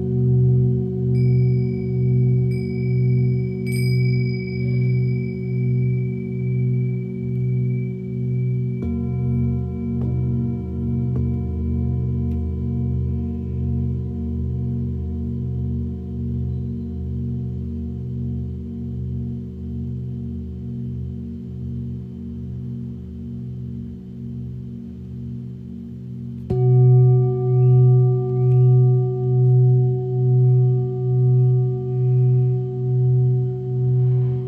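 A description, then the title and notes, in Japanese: Singing bowls ring in a sound healing session, their low tones humming and slowly pulsing as they overlap. New strikes enter near 9 seconds and again around 26 seconds, each adding a brighter tone over the sustained drone, which stays dense and continuous throughout. 春分 メキシコから シンギングボウルのサウンドヒーリング。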